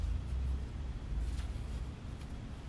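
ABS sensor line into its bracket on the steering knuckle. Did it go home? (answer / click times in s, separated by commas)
no / none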